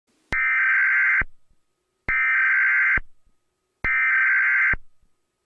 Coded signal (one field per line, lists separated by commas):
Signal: Emergency Alert System (SAME) tones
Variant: header bursts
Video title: EAS Scenario #10 - The Eclipse (200 Subscribers)